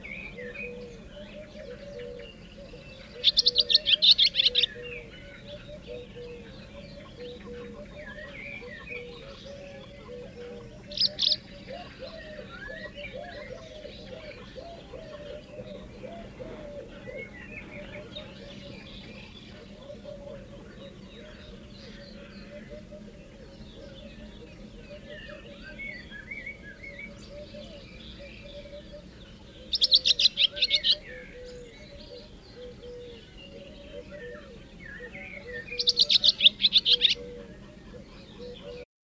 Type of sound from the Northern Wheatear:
song